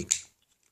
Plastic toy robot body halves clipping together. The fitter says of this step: And then you click them together, as you can hear, and